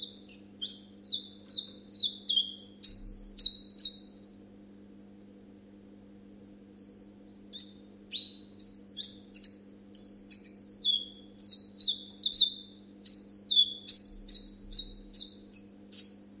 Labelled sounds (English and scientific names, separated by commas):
Common Chiffchaff (Phylloscopus collybita) song